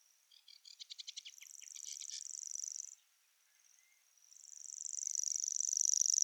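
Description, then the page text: Common grasshopper warbler reeling song: a few stuttering ticks build into a high, even insect-like reel, break off for about a second, then swell back in and grow louder. "Голос птицы - Обыкновенный сверчок"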